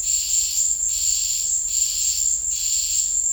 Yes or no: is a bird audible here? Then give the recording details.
no. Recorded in dense forest near Puerto Asís, Putumayo, Colombia, on 26 December 2024 at 15:00. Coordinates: 0.484, -76.325. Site G056